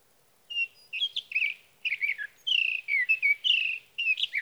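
Sage thrasher song in short bursts of sweet warbled, slurred whistles, each lasting under a second, repeated with brief gaps over four seconds.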